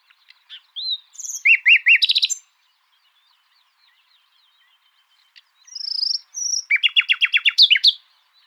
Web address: songs luscinia megarhynchos call 7